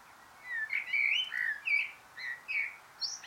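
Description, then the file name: Common blackbird giving a rapid string of short warbled notes that rise and fall, with a high thin note at the close; quiet background. "Turdus merula"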